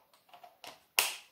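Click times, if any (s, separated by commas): 1.0 s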